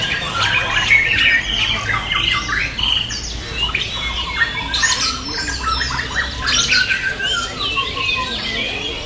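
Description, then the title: Many birds twittering and squawking at once, rapid irregular bursts of high chirps with occasional louder calls, over a low hum. "SuaraBurung Kicau"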